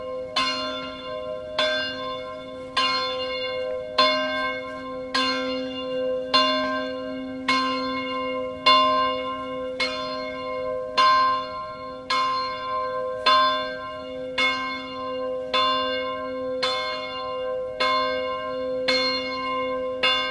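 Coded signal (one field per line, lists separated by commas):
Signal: bell signal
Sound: a single large church bell ringing steadily, about one stroke per 1.2 seconds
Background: outdoor ambience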